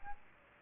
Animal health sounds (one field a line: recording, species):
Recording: mosquito wingbeat signal from an infrared sensor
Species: Aedes aegypti